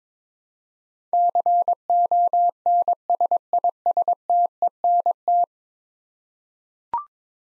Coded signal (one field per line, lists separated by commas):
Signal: Morse code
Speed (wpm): 22 wpm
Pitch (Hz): 700 Hz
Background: none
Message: CONSISTENT